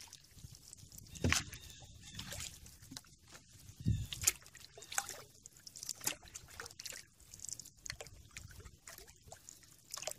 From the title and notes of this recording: Canoe In River. A CANOE IN LAZY RIVER.